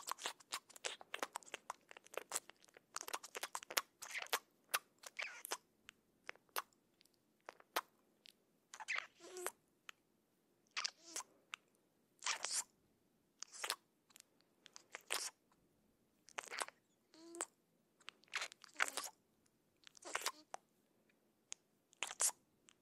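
Cheek sounds: quick, wet, squishy smacks come in irregular bursts, dense and rapid in the first five seconds, then spaced into short clusters every second or two. Each smack is sharp and bright, with silence between the groups.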